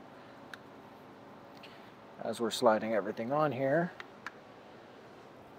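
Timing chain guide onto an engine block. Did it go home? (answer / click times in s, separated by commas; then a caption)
yes / 4.3 s. A timing chain guide is pushed home onto the engine block of an M62TU engine in a 540i as the timing components are slid on, with someone talking over a steady low background. A sharp click at 4.3 s marks the guide locking into place.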